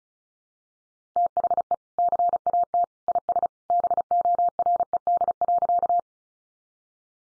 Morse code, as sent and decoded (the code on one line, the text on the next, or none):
- .... . / -.-. .- - / .. ... / -... --- .-. . -.. .-.-.-
THE CAT IS BORED.